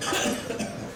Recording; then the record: coughing mixed with background sound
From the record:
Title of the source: Spring Cold Coughing.